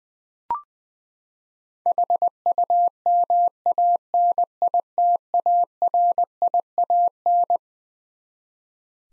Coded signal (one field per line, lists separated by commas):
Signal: Morse code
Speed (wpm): 20 wpm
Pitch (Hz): 700 Hz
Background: none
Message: HUMANITARIAN